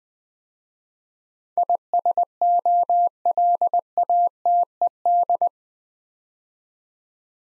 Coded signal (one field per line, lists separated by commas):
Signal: Morse code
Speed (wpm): 20 wpm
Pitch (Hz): 700 Hz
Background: none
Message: ISOLATED